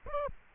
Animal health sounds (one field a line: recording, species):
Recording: mosquito wingbeat signal from an infrared sensor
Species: Aedes aegypti